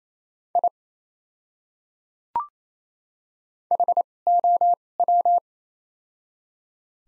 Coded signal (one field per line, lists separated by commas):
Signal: Morse code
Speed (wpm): 28 wpm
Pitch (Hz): 700 Hz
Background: none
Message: I HOW